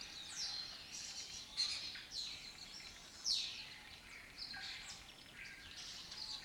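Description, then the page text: Lesser kestrels give high, slurred, downward calls that overlap one another in a steady, busy chatter. Breeding colony in an abandoned building complex in Doñana; migratory raptor that forages in West Africa and breeds in southern Europe. "Lesser Kestrels Took Over an Abandoned Building. A migratory raptor wich spends its foraging time in West Africa and breeds in southern Europe. Here in Doñana"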